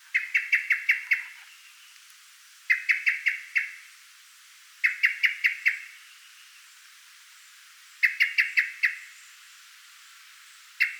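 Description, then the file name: Common blackbird repeating bursts of fast, sharp chink notes, about five per burst, with pauses of a second or more between bursts. "Turdus merula"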